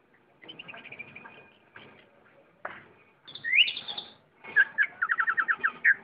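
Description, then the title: Oriental magpie-robin song: soft scratchy notes, then a loud upslurred whistle, ending in a fast series of several repeated clear notes. "Kicau Kacer"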